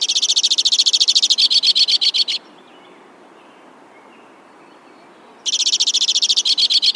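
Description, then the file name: White-winged crossbill song: two rapid, dry, buzzy trills separated by about three seconds of quiet hiss. "suara-kicauan-burung-white-winged-crossbill -omkicau"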